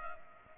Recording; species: mosquito wingbeat signal from an infrared sensor; Culex pipiens